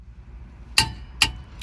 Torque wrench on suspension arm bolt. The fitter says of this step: and then tighten it up until it clicks.